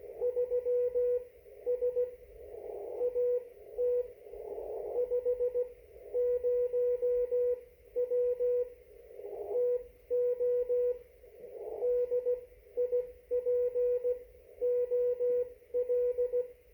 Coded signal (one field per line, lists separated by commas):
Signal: Morse code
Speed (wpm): 16 wpm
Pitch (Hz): 490 Hz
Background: radio noise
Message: 3S AT 50W TO DIPOL